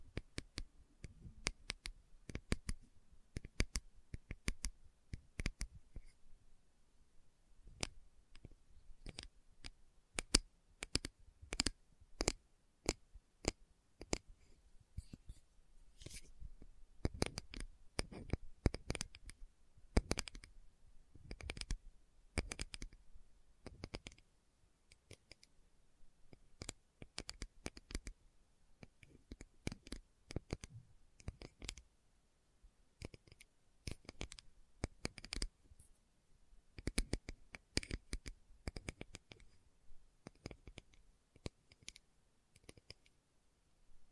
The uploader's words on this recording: ASMR Slow Tapping for Deep Sleep (No Talking).